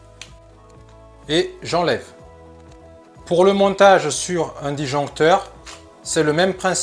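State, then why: Released. A shunt trip coil module is unlocked at its plastic latch and pulled off a residual current switch, giving a short snap at 0.2 s as it releases. Someone then talks over quiet background music. The coil comes away unlatched and removed.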